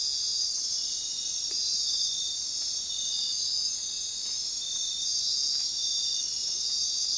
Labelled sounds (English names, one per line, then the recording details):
none
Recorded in dense forest near Puerto Asís, Putumayo, Colombia, on 21 February 2024 at 04:30
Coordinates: 0.466, -76.327
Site G6413